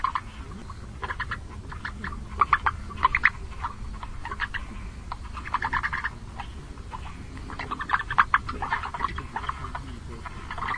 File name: long-legged frog